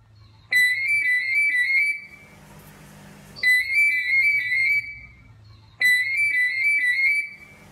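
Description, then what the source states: Parrot imitating an old telephone: three bursts of trilled, ringing tone, separated by short pauses with a low hum. Parrot that lived near an old telephone, imitating its ring.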